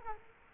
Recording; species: mosquito wingbeat signal from an infrared sensor; Culex quinquefasciatus